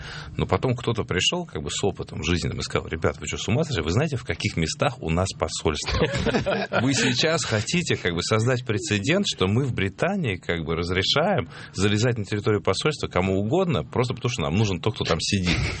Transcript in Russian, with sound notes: Но потом кто-то пришел как бы с опытом жизненным и сказал: «Ребят, вы чего, с ума сошли? Вы знаете, в каких местах у нас посольства?» (смех) «Вы сейчас хотите создать прецедент, что мы в Британии как бы разрешаем залезать на территорию посольства кому угодно просто потому, что нам нужен тот, кто там сидит.